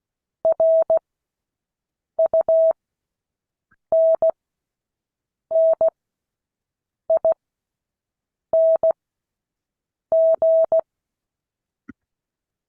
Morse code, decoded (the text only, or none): RUNNING